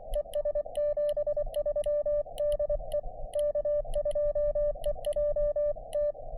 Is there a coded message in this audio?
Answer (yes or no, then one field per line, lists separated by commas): yes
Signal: Morse code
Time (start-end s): 0.2-6.1 s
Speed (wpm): 24 wpm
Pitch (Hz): 590 Hz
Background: none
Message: ES 73 DE K2EJT